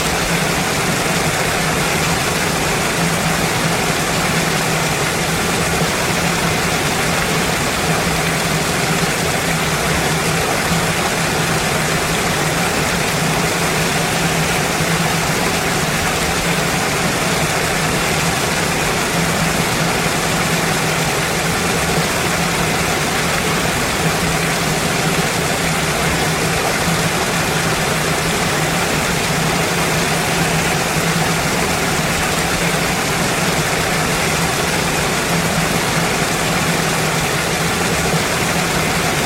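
A glacial waterfall roars without pause, a dense, unbroken rush that fills everything from a deep low rumble up to a bright hiss. The sound holds perfectly steady in loudness for the whole stretch, with a faint hum-like tone running underneath.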